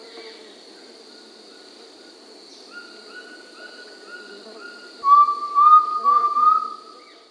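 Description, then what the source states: Undulated tinamou giving whistled calls: faint higher notes first, then a loud run of four slurred, slightly rising whistles over a steady high background hum. Recorded in South America.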